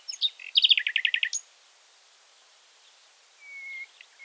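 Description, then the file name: Common nightingale song phrase opening with sharp chirps, then a fast rattling trill of repeated notes, followed by silence and a long, slowly swelling whistled note. "Luscinia megarhynchos"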